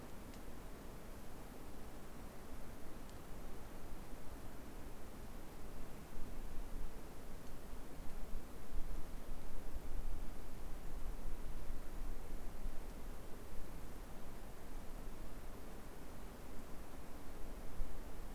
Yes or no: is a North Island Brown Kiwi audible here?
no